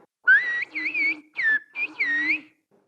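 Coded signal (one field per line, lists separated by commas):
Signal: whistled language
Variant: Turkish (kuş dili)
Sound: four gliding, rising and falling whistled phrases like speech melody, about two seconds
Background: low steady hum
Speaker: I could say the Black Sea is beautiful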